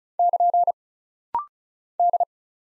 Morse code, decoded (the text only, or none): <KN> D